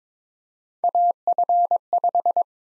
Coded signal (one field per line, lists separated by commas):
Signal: Morse code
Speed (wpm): 22 wpm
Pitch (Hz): 700 Hz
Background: none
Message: AF5